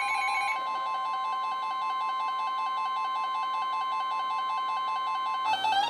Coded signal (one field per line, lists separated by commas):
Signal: Emergency Alert System (SAME) tones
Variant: 1050 Hz attention tone